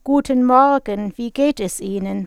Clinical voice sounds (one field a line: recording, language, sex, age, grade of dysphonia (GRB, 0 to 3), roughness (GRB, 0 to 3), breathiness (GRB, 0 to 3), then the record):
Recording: spoken sentence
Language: German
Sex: female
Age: 50 to 59 years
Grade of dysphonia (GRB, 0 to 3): 0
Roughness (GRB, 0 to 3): 0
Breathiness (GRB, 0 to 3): 0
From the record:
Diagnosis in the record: healthy voice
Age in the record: 58 years